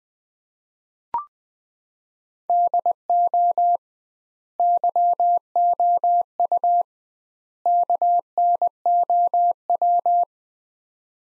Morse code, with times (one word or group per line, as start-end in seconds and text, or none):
2.5-3.8 DO
4.6-6.8 YOU
7.7-10.2 KNOW